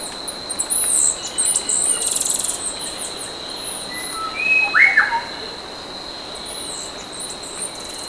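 Bird calls: a short, bright, hooked note near the middle, a fainter note just before it, and scattered thin, high chirps over a steady hiss and a constant high tone.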